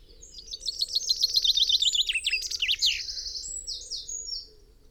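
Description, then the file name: Common chaffinch delivering a rapid descending trill with a final flourish. "Fringilla coelebs"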